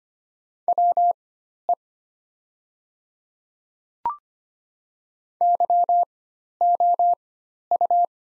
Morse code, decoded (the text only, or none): WE YOU